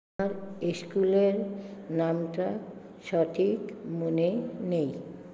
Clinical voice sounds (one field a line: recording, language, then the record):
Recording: elicited speech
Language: Bengali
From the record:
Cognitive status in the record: dementia